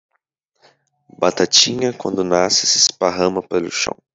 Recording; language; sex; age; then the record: short text; Brazilian Portuguese; male; 18 to 19 years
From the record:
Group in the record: control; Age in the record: 18 years